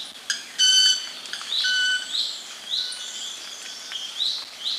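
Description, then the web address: Club-winged Manakin call: a loud ringing sustained tone near the start, then a fainter one, while other birds repeat rising slurred whistles. Recorded in Ecuador. "Birds of Ecuador. Club-winged Manakin"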